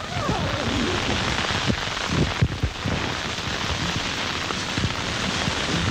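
Storm wind rising almost to hurricane force batters a tent in a steady, loud rushing roar, broken by irregular low thumps and flapping bursts as the fabric is buffeted, while snow is being shovelled away outside the tent.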